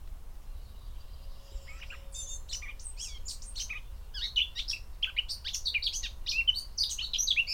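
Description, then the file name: Eurasian blackcap song, starting with a few soft notes, then swelling into a fast, loud warble of varied whistled and chattering phrases that grows stronger toward the end. "Sylvia atricapilla"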